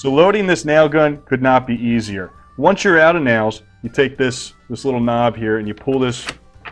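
Someone talks while handling the nail follower knob in the magazine of a DeWalt 20 Volt Max cordless framing nailer, starting to pull it back so it will latch open for loading. Nothing has seated or clicked yet when the clip ends.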